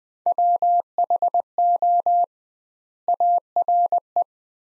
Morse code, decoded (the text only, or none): WHO ARE